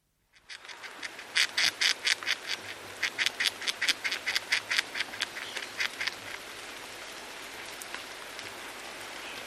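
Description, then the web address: Arizona gray squirrel giving a series of harsh, clicking chucks for about five seconds, then quieter scattered clicks over a steady background hiss. In a forest. "zvuk arizonska katerica v gorata"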